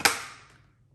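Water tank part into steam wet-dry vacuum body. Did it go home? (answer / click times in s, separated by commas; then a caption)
yes / 0.1 s. A plastic water-holding tank part is pushed into the body of a Tineco S5 Steam wet-dry steam vacuum until it clips, which shows it is secure and won't leak water. A faint tap at 0.0 s is followed by a sharp, bright click at 0.1 s that fades out over about half a second. The part is seated.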